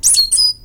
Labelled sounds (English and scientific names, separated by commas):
Stitchbird (Notiomystis cincta) song